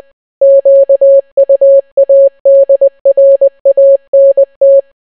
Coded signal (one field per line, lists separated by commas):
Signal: Morse code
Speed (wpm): 20 wpm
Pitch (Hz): 550 Hz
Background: none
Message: QUADRANT